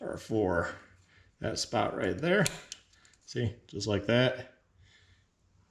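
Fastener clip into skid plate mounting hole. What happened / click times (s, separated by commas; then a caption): Handled, not yet home: no seating click is heard / none. A plastic fastener clip is handled at its mounting hole on the skid plate of a 2019 Beta 125 RR-S dirt bike. Someone talks throughout, with quiet pauses between phrases. Nothing has seated or clicked yet.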